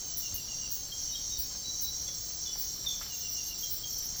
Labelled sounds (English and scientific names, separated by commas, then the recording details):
none
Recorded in secondary vegetation near Puerto Asís, Putumayo, Colombia, on 24 March 2025 at 04:30
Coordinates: 0.489, -76.322
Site G042